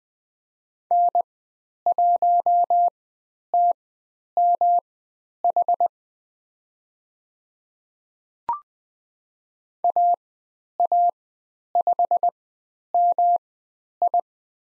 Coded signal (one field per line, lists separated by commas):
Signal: Morse code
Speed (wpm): 20 wpm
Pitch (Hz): 700 Hz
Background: none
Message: N1TMH AA5MI